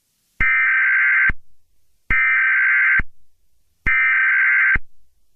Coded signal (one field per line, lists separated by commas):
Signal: Emergency Alert System (SAME) tones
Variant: header bursts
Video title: EAS Scenario #13: Piggy